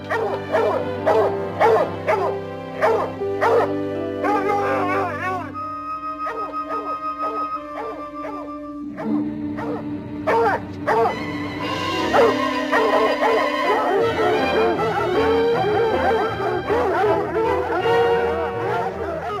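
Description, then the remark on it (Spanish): A pack of hunting hounds, among them one named Nubi, barks and yips without pause on a raccoon hunt in the 1960 Disneyland film The Hound That Thought He Was A Raccoon, many high, overlapping voices piling into a loud, continuous clamour with sharp repeated yelps and a few drawn-out whines. “Al oír la jauría, Huicho, por instinto, se regresó a dejarse perseguir para llevarse a los perros lejos de su compañera.”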